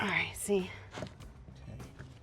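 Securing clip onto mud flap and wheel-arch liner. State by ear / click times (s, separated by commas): seated / 2.0 s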